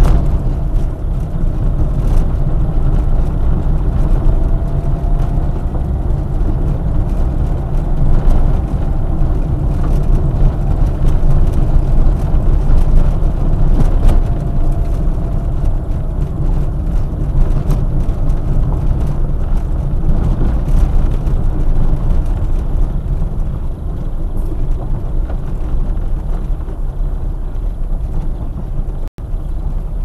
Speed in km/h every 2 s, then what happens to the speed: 26, 29, 32, 34, 33, 31, 29, 27, 25, 22, 20, 16, 13, 14, 15.
0-8 speeds up to 33. 8-24 slows to 13. 24-30 steady at about 14.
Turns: 19-30.